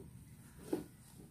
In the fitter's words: udah klik berarti udah terbuka.